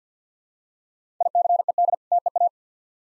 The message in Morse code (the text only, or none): ICED TEA